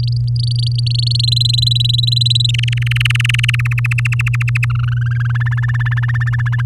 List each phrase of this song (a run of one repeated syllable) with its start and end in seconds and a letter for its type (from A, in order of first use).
0.00-1.21 A, 1.23-2.51 B, 2.54-3.56 C, 3.59-4.65 D, 4.70-5.32 E, 5.34-6.62 F